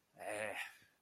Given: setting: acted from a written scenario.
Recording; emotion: vocal sound without words; serenity